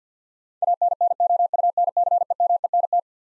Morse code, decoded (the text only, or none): ANNOUNCEMENT